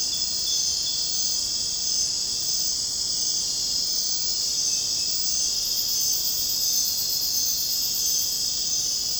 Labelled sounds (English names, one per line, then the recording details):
none
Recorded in secondary vegetation near Puerto Asís, Putumayo, Colombia, on 29 June 2025 at 01:30
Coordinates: 0.484, -76.319
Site G074